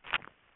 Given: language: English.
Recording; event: throat vibration sensor signal played as sound; swallow